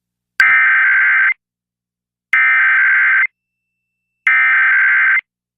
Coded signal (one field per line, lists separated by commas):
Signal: Emergency Alert System (SAME) tones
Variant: header bursts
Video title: Washington DC EAS Alert: Required Monthly Test (9/20/23)